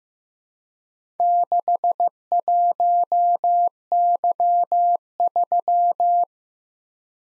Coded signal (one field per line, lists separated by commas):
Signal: Morse code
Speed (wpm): 15 wpm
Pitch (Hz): 700 Hz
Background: none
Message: 61Y3